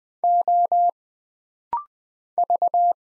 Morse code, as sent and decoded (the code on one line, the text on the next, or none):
--- / ...-
O V